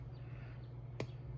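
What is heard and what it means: A metal jump ring on a bracelet toggle clasp is shimmied closed with pliers, and its ends snap into place with a single sharp, bright click at 1.0 s over a low steady hum. The jump ring is seated closed.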